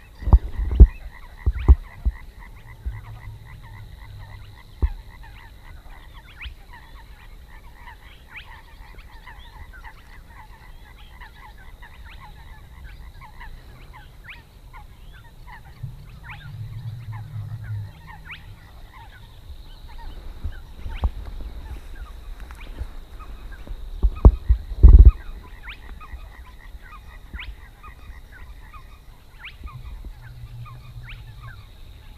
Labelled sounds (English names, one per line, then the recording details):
Spotted Crake
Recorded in the wild
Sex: male
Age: adult
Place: Schwedt/Oder, Nationalpark Unteres Odertal, Brandenburg, DE
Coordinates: 53.125, 14.3564
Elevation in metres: 1
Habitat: wetland
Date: 2015-04-23 02:25
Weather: clear, 3°C, almost windless
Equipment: Sound Devices 702, Sennheiser MKH 70, Rycote Windschutz
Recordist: Frommolt, Karl-Heinz